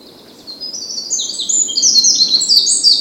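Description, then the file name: Eurasian wren song: after a quiet start, a vigorous high warble of rapid chips and trills builds and carries on to the end. "Troglodytes troglodytes"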